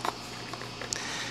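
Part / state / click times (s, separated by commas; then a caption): lock indicator piece into skydiving helmet cutaway top plate / seated / 0.9 s. A small plastic lock-indicator piece is lined up with the viewing opening on the cutaway top plate of a Cookie G35 skydiving helmet and pressed in. After a soft tap near the start and faint handling, a sharp snap at 0.9 s marks the piece popping into place, fully seated.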